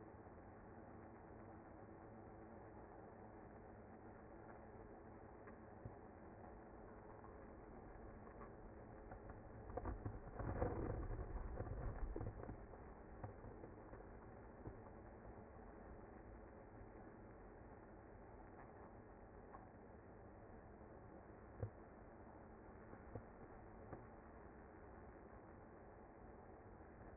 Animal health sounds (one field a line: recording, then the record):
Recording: honeybee colony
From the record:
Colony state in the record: active